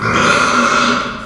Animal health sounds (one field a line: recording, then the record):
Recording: squeal of a Yucatan mini pig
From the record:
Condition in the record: after surgery on the right vocal fold (resection and tissue-engineered implant)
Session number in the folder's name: 15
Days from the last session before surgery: 175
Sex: female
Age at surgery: 19 weeks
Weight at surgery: 25 kg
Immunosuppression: prednisolone